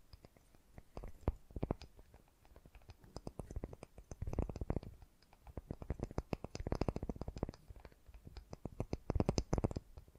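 Fast, gentle tapping runs through the whole clip as a dense stream of short, crisp clicks. The taps come in bursts that swell and ease, growing busier around four, seven and nine seconds, with quieter, sparser stretches between. Nothing else is heard.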